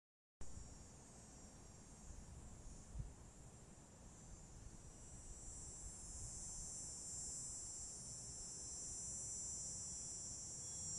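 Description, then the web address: Cicada song, a continuous shrill buzzing drone that swells and becomes louder midway, with faint low background rumble. Recorded 9 August 2020 at 09:58 in the morning. "googoo 2. 20200809 095817 cicada"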